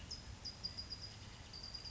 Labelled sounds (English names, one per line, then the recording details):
California Towhee
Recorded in Sonoma County, California